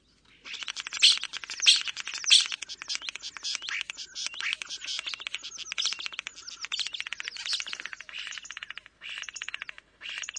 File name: spacek obecny